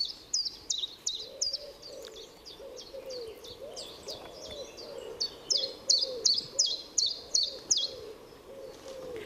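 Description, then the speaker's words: Common Chiffchaff song: a steady series of high, alternating two-note chips repeated rapidly. Onomatopoeic song that the bird is named after, 'chiffchaff'; played as a recording. "They have this wonderful onomatopoeic song. So they're named after their song, chiffchaff."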